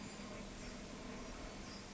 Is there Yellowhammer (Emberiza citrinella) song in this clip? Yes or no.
no